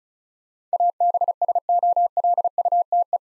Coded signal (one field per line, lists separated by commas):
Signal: Morse code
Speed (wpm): 34 wpm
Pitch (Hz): 700 Hz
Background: none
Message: ABSOLUTE